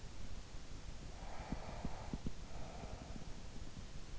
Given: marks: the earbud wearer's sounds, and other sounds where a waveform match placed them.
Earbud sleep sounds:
sounds in sleep by an in-ear microphone; breath
0.69-4.00 s: breath

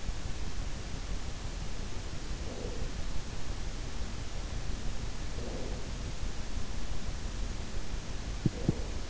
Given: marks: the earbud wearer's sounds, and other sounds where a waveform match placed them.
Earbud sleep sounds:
sounds in sleep by an in-ear microphone; breath
2.12-3.09 s: breath
5.19-6.19 s: breath
8.23-9.10 s: breath

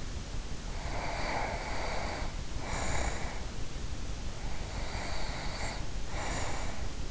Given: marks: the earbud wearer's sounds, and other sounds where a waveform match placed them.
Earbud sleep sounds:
sounds in sleep by an in-ear microphone; breath
0.59-3.61 s: breath
4.29-7.09 s: breath

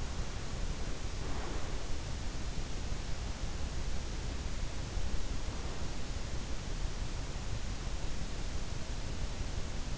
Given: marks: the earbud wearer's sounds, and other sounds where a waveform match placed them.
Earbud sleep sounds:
sounds in sleep by an in-ear microphone; breath
0.00-2.03 s: breath

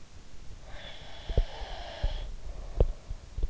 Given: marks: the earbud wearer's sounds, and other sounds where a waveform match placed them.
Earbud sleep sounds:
sounds in sleep by an in-ear microphone; breath
0.62-3.16 s: breath
1.26-3.50 s: sound from someone else or the room

